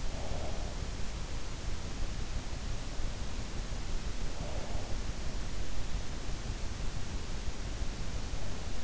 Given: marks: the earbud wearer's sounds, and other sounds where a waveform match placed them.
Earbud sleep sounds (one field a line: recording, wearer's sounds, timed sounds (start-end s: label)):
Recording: sounds in sleep by an in-ear microphone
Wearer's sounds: breath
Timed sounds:
0.00-1.17 s: breath
4.02-5.59 s: breath